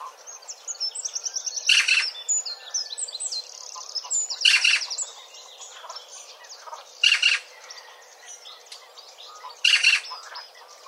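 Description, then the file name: Eurasian magpie with scattered rasping chack calls every two to three seconds among dense, high twittering and trilled songs of other small birds. "Pica pica"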